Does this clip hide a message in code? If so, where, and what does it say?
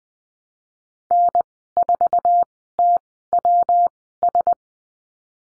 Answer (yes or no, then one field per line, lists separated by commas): yes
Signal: Morse code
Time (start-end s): 1.1-4.5 s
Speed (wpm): 19 wpm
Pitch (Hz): 700 Hz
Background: none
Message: N4TWS